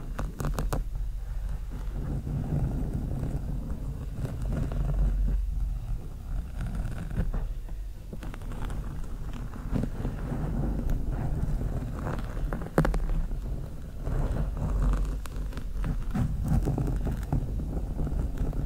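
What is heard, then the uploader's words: Slow scratching on a microphone with long nails makes a rough, continuous rumble that stays heavy in the low end. Gentle swells and dips pass through it, with brief sharper scrapes and clicks standing out around five, twelve and fifteen seconds. SLOW MIC SCRATCHING W LONG NAILS.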